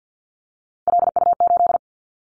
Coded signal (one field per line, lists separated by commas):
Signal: Morse code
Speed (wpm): 49 wpm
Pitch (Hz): 700 Hz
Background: none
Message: LU8